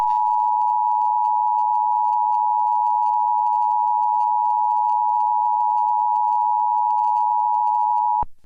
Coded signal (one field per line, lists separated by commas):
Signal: Emergency Alert System (SAME) tones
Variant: 853 and 960 Hz attention tone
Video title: EAS Scenario: Asteroid Impact